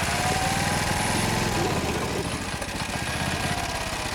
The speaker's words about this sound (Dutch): Ja, daar gaat Igor weer op zijn driewieler brommer. Op naar zijn groententuin.